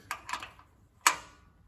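A torque wrench set to about 49 tightens a steel differential drain/fill plug and gives short, sharp clicks as it reaches the setting. Clicks are heard at 0.1 s and 1.1 s, with the second one the loudest. The plugs are confirmed tight.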